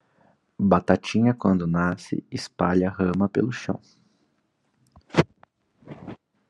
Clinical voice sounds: short text; Brazilian Portuguese; male; 20 to 29 years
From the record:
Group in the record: control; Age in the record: 28 years

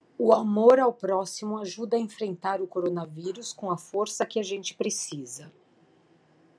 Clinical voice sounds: spoken sentence; Brazilian Portuguese; female; 50 to 59 years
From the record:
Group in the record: control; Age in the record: 50 years

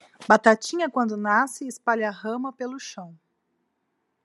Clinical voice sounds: short text; Brazilian Portuguese; female; 40 to 49 years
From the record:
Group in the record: control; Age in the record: 42 years

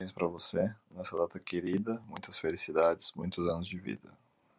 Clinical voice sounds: short text; Brazilian Portuguese; male; 40 to 49 years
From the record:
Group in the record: control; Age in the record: 40 years

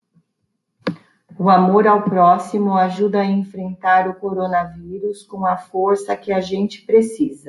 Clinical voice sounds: spoken sentence; Brazilian Portuguese; female; 20 to 29 years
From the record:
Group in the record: control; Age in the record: 20 years

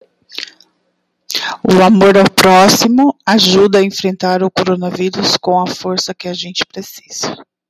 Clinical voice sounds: spoken sentence; Brazilian Portuguese; male; 40 to 49 years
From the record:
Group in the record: control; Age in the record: 49 years

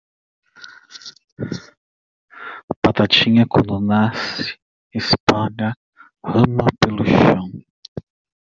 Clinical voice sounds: short text; Brazilian Portuguese; male; 40 to 49 years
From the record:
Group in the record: control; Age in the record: 40 years

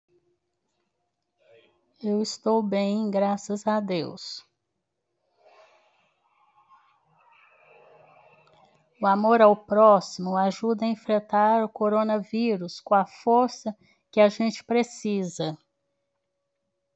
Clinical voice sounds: spoken sentence; Brazilian Portuguese; female; 70 to 79 years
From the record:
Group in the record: control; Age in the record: 71 years

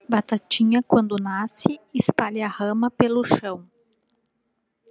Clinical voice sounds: short text; Brazilian Portuguese; female; 50 to 59 years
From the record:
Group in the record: control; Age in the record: 51 years

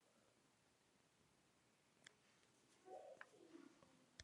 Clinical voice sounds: spoken sentence; Brazilian Portuguese; female; 30 to 39 years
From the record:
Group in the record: control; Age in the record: 33 years

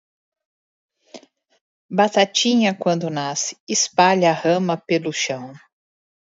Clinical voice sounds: short text; Brazilian Portuguese; female; 50 to 59 years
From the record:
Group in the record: control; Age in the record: 51 years

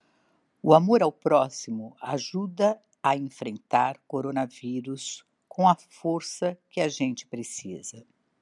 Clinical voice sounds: spoken sentence; Brazilian Portuguese; female; 60 to 69 years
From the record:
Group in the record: control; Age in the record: 60 years

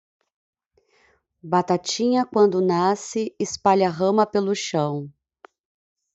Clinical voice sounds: short text; Brazilian Portuguese; female; 30 to 39 years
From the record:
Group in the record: control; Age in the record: 38 years

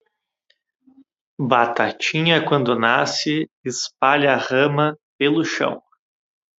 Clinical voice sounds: short text; Brazilian Portuguese; male; 30 to 39 years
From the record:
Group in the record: control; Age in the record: 31 years

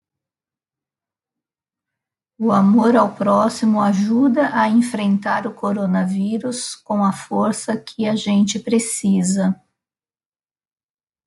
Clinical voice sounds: spoken sentence; Brazilian Portuguese; female; 50 to 59 years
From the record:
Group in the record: control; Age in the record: 55 years

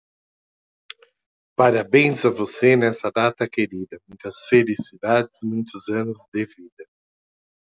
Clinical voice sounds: short text; Brazilian Portuguese; male; 50 to 59 years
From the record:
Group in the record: control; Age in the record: 57 years

